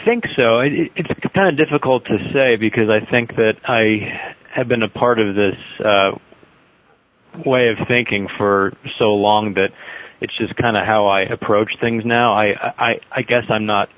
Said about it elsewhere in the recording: I'm hearing you work through what sounds to me like quite a few moments of stuttering. And you seem to be working through them using some type of pullout, or you're basically working through the stutter. I identify tension, and I'm aware of where that's occurring, and I practice getting out of it in a way that's relatively easy.